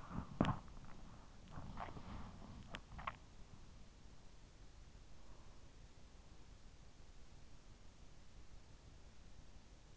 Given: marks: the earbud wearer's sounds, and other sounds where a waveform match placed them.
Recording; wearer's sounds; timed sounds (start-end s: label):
sounds in sleep by an in-ear microphone; body movement
0.00-3.29 s: body movement